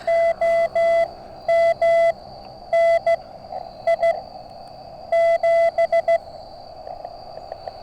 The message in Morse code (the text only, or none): OM NI 7